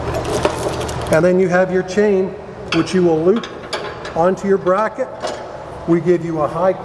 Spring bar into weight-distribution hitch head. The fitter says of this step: it very simply locks into place